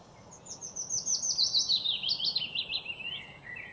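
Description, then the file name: Eurasian blackcap producing a fast, high, descending run of warbled notes against a constant hissing background. "Sylvia atricapilla"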